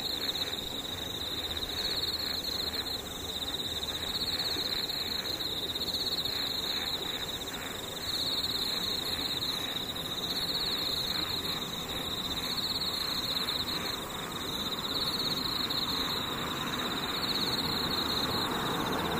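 Insects keep up a steady, unbroken high-pitched buzzing drone throughout, over a constant low rumble that sounds like passing engines or traffic.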